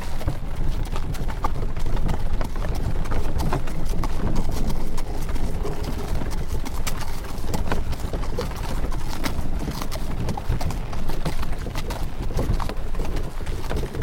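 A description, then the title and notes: Horse hooves clip-clop steadily through a horse carriage ride, the quick regular beats layered over a constant low rumble of rolling wheels. Relaxing Horse Carriage Ride Sounds.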